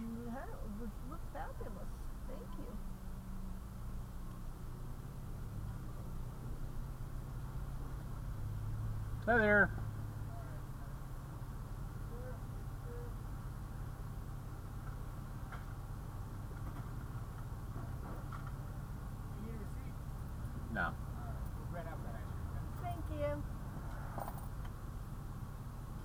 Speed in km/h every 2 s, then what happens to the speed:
0, 2, 3, 3, 0, 0, 0, 0, 0, 0, 0, 0, 0.
0-26 standing.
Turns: none.